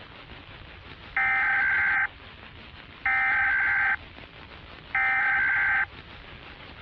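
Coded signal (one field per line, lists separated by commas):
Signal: Emergency Alert System (SAME) tones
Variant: header bursts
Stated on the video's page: Fictional zombie outbreak EAS scenario in analog-horror style, possibly containing valid EAS tones.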